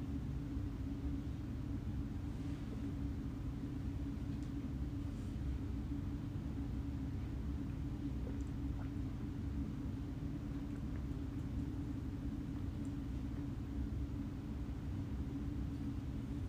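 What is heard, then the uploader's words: Calm wind flows through an open-windowed house as a steady, dense low rumble that never rises or falls, with a faint hum like traffic beneath it. A few brief, faint high chirps break through now and then, spaced several seconds apart. Cool Phoenix, Arizona evening with the windows open. A cool night in the Valley of the Sun, we opened the house up as we ready for Fall. You'll hear the helicopters flying by every once in a while, but mostly you'll enjoy the calm winds flowing through the house and the occasional cricket chirp or a bird calling it's goodnight.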